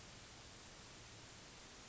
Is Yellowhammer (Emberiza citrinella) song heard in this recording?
no